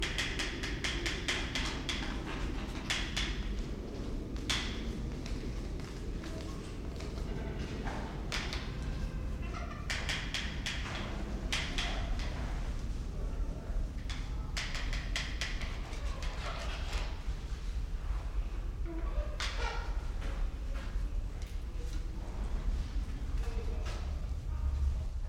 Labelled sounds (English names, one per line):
Channel-billed Toucan